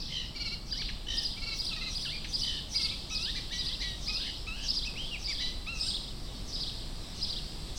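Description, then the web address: Eurasian reed warbler song, an unbroken churring chatter of repeated grating notes over a low noise background. Töölö park, Helsinki, 13 June 2015. "pirhonenj acrsci hki toolo park 150613"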